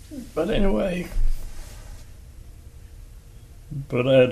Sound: resumes normal voice

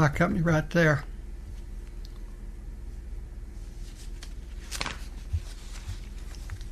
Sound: continuous paper shuffling sounds

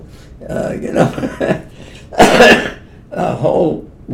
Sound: laughs

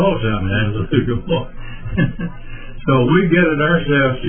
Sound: laughing

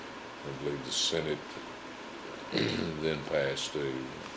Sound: clears throat

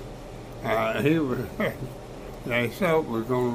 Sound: laughing

